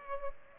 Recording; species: mosquito wingbeat signal from an infrared sensor; Aedes aegypti